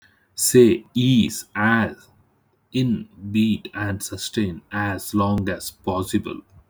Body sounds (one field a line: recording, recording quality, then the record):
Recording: sustained vowel as in beet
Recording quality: poor, much background noise or distortion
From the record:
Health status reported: healthy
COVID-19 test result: negative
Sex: male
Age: 34 years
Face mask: not worn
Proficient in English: yes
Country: India